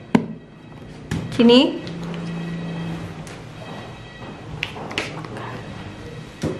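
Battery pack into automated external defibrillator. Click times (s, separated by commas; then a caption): 0.1 s. A battery pack is pushed into the housing of an HR-501 automated external defibrillator (AED) and clicks into place, seating with a sharp, loud click at 0.2 s. Someone talks briefly, and a few more knocks and handling sounds follow over a low steady background.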